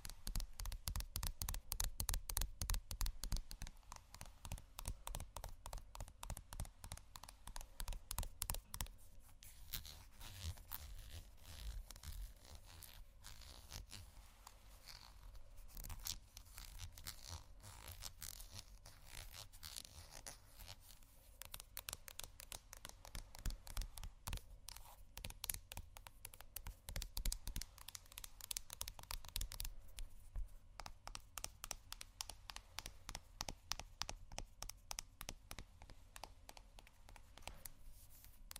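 Someone rummages through a makeup bag, producing a dense, continuous stream of quick clicks, rustles and small clattering taps. The activity is fairly even throughout, with brief lulls near 9 and 30 seconds, and occasional crinkling or zipper-like scrapes mixed in.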